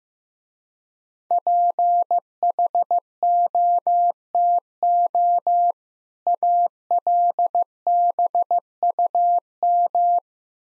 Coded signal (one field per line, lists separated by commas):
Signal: Morse code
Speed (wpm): 15 wpm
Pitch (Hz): 700 Hz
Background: none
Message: PHOTO ALBUM